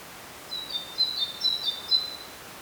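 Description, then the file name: Great tit calls: a busy tangle of thin, very high tonal notes, some short and some drawn out, overlapping for about a second and a half. "Parus major"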